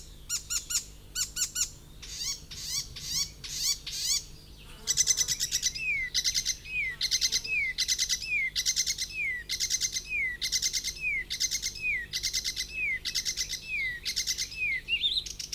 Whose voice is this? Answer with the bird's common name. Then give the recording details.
Icterine Warbler. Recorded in the wild. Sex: male. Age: adult. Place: Forchheim, Bayern, DE. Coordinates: 49.6736, 11.0792. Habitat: grove. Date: 1964-05-30. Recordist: Tretzel, Erwin. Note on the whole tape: Kersbach (Wäldchen an der Straße): Männchen: Gesang